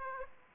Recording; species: mosquito wingbeat signal from an infrared sensor; Aedes aegypti